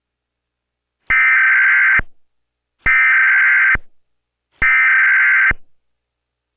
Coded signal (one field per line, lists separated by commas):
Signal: Emergency Alert System (SAME) tones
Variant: header bursts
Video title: 2011 EAS Test But In Spiral Effect